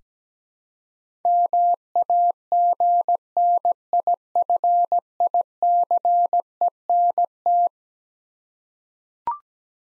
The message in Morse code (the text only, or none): MAGNIFICENT